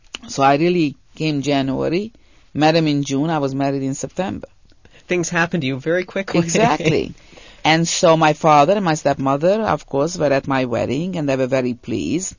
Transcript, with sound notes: So I really, in January, met him in June, I was married in September.
Things happen to you very quickly. ( he laughs )
Exactly. And so my father and my stepmother, of course, were at my wedding, and they were very pleased.